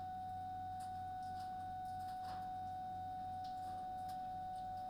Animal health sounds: poultry house recording; no chicken sound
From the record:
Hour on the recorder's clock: 21

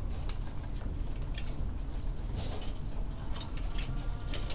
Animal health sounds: poultry house recording; sick chickens (respiratory disease)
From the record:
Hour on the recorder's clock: 20

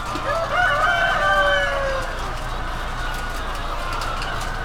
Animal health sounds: poultry house recording; healthy chickens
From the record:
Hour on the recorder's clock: 20

